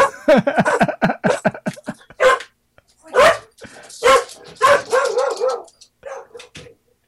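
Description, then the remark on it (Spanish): A female Doberman barks in a rapid, excited volley, then continues with spaced, higher-pitched yelping barks and whiny yips, loud and alone without any talking. “La Doberman que le sale de dentro.”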